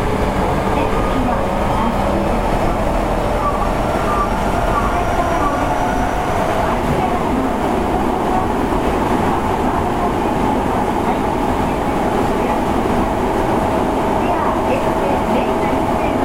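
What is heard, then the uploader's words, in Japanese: A subway train running at speed, heard from inside the car as a steady, dense low rumble with constant loudness. Faint whining motor tones hold level and shift slightly in pitch, and soft voices sit under the noise. 大阪市交通局 堺筋線66系 天下茶屋から天六まで。大阪市営地下鉄 66系電車の走行音です。堺筋線の列車にて収録しました。区間は、天下茶屋から天神橋筋六丁目までです。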